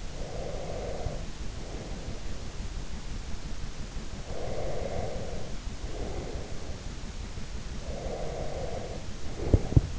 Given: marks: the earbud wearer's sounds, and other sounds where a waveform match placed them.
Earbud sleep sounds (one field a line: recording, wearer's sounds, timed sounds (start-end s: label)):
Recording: sounds in sleep by an in-ear microphone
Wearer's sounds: breath, teeth grinding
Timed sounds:
0.00-2.34 s: breath
4.17-6.71 s: breath
7.83-9.03 s: breath
9.46-9.97 s: teeth grinding